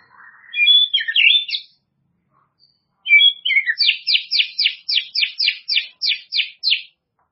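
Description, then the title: White-rumped shama song: a jumbled whistled phrase, a pause, then a fast series of about a dozen sharp, evenly repeated notes. "murai batu"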